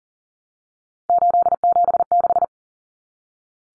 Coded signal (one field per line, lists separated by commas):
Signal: Morse code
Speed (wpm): 40 wpm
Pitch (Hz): 700 Hz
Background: none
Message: 876